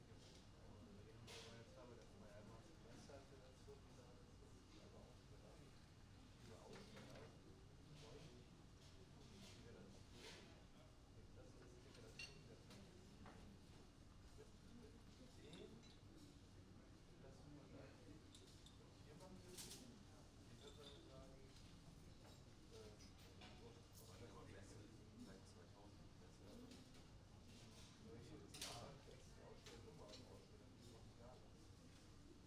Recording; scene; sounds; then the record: everyday scene through a hearing-aid microphone; many people talking; many voices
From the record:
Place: university cafeteria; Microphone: in the ear canal, right